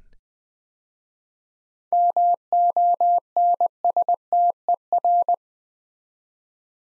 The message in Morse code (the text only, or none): MONSTER